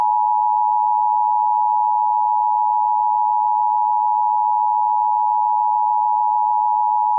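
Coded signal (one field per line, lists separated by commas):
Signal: Emergency Alert System (SAME) tones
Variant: 853 and 960 Hz attention tone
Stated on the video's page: Captured tornado warning for Minneapolis.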